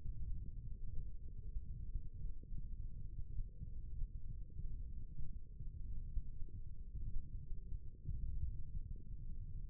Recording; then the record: forearm muscle sounds (acoustic myography)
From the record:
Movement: finger pinch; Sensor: system 1, eight BSWA MPA416 microphones around the upper forearm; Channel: 1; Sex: male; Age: 23 years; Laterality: right